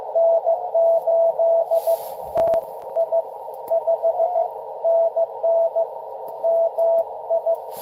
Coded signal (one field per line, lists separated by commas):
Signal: Morse code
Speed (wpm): 23 wpm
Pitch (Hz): 690 Hz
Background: none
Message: N8TI 5NN MI